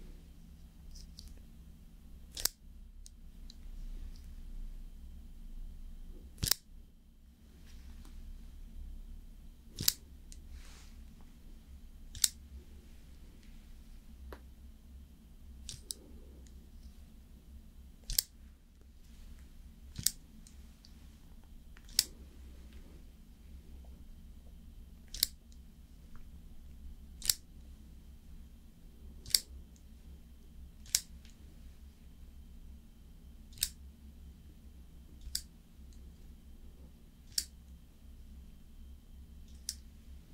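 Slow makeup application with sharp, crisp clicks or snips landing about every two seconds, steady and regular throughout. A low, constant hum sits underneath, with faint soft rustling and small tapping sounds between the clicks.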